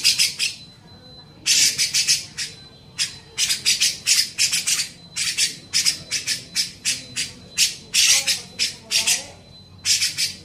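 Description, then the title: Grey-cheeked bulbul song of rough, grating notes in clustered bursts, separated by short gaps. Used for training songbirds (masteran). "MASTERAN CUCAK JENGGOT"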